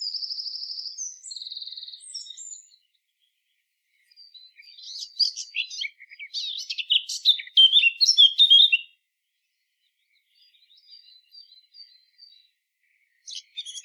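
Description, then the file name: Eurasian blackcap opening with two rapid buzzy trills, then after a pause a loud jumbled warble, followed by faint twittering and a short final burst. "Sylvia atricapilla"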